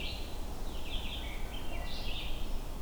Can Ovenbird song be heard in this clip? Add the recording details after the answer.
no. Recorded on 21 June 2016 at 07:14. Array SBT-6-76